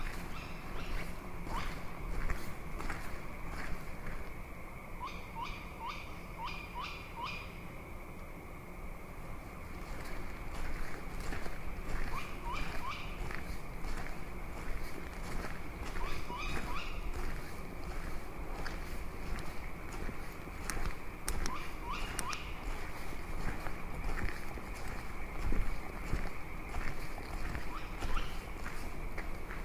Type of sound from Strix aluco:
call